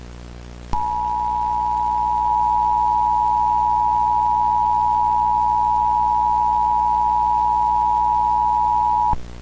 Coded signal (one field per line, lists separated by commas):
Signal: Emergency Alert System (SAME) tones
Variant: 853 and 960 Hz attention tone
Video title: (Mock) Incoming Space Junk EAS